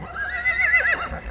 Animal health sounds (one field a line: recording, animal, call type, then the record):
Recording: contact call of a hoofed animal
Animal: Przewalski's horse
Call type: whinny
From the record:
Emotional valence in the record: negative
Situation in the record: naturally occurring agonistic interactions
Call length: 1.31 s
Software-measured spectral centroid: 2330 Hz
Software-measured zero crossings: 3040 a second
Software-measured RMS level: -23 dBFS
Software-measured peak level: -9 dBFS